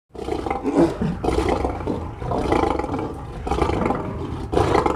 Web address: lion roars